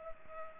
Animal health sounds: mosquito wingbeat signal from an infrared sensor; Culex pipiens

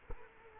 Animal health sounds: mosquito wingbeat signal from an infrared sensor; Culex quinquefasciatus

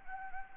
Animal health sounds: mosquito wingbeat signal from an infrared sensor; Anopheles gambiae

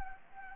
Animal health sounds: mosquito wingbeat signal from an infrared sensor; Anopheles gambiae

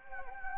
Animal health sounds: mosquito wingbeat signal from an infrared sensor; Anopheles gambiae

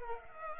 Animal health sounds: mosquito wingbeat signal from an infrared sensor; Culex pipiens

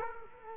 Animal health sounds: mosquito wingbeat signal from an infrared sensor; Culex quinquefasciatus

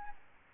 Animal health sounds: mosquito wingbeat signal from an infrared sensor; Aedes albopictus

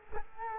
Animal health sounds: mosquito wingbeat signal from an infrared sensor; Culex quinquefasciatus

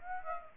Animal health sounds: mosquito wingbeat signal from an infrared sensor; Aedes aegypti

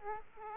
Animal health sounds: mosquito wingbeat signal from an infrared sensor; Aedes aegypti

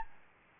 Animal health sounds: mosquito wingbeat signal from an infrared sensor; Anopheles gambiae

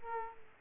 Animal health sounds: mosquito wingbeat signal from an infrared sensor; Aedes aegypti

